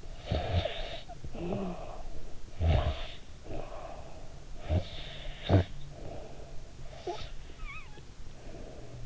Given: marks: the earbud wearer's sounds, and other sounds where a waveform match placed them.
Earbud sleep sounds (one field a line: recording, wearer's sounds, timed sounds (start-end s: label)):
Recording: sounds in sleep by an in-ear microphone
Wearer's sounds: snoring breath, breath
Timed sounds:
0.00-6.60 s: snoring breath
6.83-9.00 s: breath